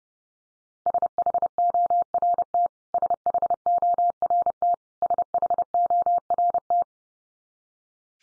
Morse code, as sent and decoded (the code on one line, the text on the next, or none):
... .... --- .-. - / ... .... --- .-. - / ... .... --- .-. -
SHORT SHORT SHORT